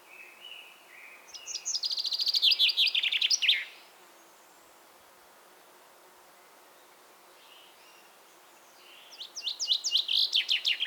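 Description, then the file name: Common chaffinch song twice, each a descending run of bright notes, the first ending in a flourish and the second cut off at the end, with faint notes between. "Fringilla coelebs"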